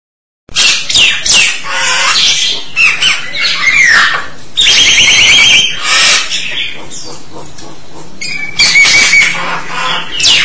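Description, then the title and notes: Starling song: loud, varied bursts of harsh squawks, whistled slurs and a fast rattling trill, closely packed throughout. "suara burung jalak"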